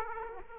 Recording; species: mosquito wingbeat signal from an infrared sensor; Aedes aegypti